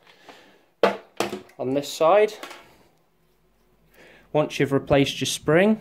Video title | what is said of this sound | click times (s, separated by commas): Neato Botvac 85 Bumper sensor And Brush replacement | and you just want to push it in. If you hear it clicking, it's in properly. | 0.8 s